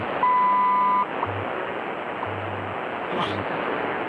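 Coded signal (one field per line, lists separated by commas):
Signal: radio time signal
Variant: WWV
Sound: a 0.8-second 1 kHz beep, then low 100 Hz time-code hum pulses in static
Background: radio static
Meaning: The 0.8-second 1 kHz tone marks the start of a minute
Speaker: So is the female voice, is that WWVH? How do you know when you're listening to the Hawaiian version?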